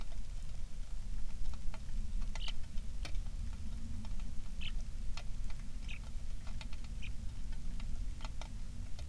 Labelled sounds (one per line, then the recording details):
songbird
wind
rain
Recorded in the Prudhoe Bay oil fields, Alaska, on 27 July 2019 at 18:11
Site 19